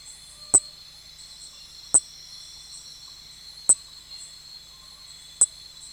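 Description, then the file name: Nesobia mjobergi giving a steady high buzzing trill, with four sharp clicks at irregular gaps of one to two seconds. "Nesobia mjobergi"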